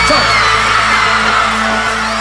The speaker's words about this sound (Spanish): Así de esta manera, los aplausos. Los aplausos bien fuerte.